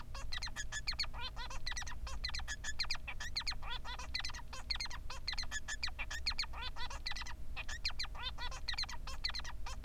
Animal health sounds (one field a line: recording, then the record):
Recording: song of a male Bengalese finch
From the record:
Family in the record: son of father 3